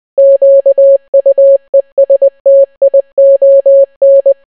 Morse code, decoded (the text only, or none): QUESTION